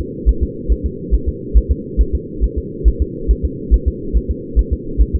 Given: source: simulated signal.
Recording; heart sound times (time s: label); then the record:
fetal heart sounds
0.01 s: S2
0.29 s: S1
0.43 s: S2
0.72 s: S1
0.86 s: S2
1.14 s: S1
1.29 s: S2
1.57 s: S1
1.72 s: S2
2.01 s: S1
2.15 s: S2
2.44 s: S1
2.58 s: S2
2.88 s: S1
3.02 s: S2
3.31 s: S1
3.45 s: S2
3.74 s: S1
3.88 s: S2
4.17 s: S1
4.31 s: S2
4.59 s: S1
4.73 s: S2
5.01 s: S1
5.16 s: S2
From the record:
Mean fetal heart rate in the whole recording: 140 bpm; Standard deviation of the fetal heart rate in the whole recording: 2 bpm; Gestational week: 34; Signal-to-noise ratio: -4.3 dB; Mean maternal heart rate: 72 bpm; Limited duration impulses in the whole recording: absent